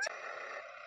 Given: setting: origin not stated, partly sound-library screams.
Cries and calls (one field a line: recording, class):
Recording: one-second piece from a danger detection set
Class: woman in danger